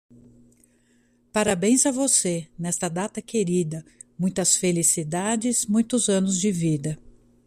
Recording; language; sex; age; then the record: short text; Brazilian Portuguese; female; 50 to 59 years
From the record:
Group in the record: control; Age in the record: 57 years